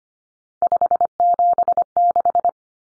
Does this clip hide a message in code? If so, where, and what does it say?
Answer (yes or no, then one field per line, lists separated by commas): yes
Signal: Morse code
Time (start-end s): 0.6-2.5 s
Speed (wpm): 25 wpm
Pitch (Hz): 700 Hz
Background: none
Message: 576